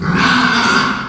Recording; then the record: squeal of a Yucatan mini pig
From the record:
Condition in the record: after surgery on the right vocal fold (resection and tissue-engineered implant); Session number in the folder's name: 15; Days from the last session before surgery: 175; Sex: female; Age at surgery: 19 weeks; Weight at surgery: 25 kg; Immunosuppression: prednisolone